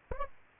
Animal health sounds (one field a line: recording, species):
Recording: mosquito wingbeat signal from an infrared sensor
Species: Aedes aegypti